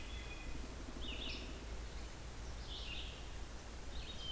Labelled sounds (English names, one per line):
Red-eyed Vireo song